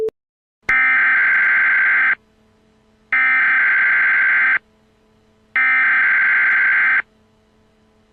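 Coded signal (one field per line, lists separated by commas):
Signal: Emergency Alert System (SAME) tones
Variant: header bursts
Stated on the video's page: Fake prank nuclear alert containing valid EAS tones.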